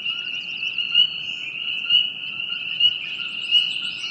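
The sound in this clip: Frog chorus as a steady high trill, with brighter pulses standing out about once a second and a rapid ticking series near the end.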